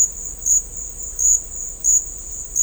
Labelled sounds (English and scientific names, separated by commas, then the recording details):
none
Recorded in dense forest near Puerto Asís, Putumayo, Colombia, on 21 December 2024 at 12:30
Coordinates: 0.500, -76.322
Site G053